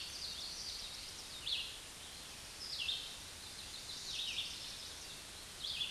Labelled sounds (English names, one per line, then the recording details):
Red-eyed Vireo song
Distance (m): 45 m
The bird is about 10 m above the microphone
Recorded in a Pennsylvania forest on 16 May 2024 at 09:09
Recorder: AudioMoth, point MSD-2146
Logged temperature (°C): 16.7 °C
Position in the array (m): 147 m, 45 m